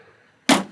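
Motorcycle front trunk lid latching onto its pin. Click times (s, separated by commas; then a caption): 0.5 s. A motorcycle front trunk lid, with its rubber seal seated properly, is closed and latches onto its pin on its own. A quiet stretch ends in a single sharp snap at 0.5 seconds that decays quickly. The lid latches shut.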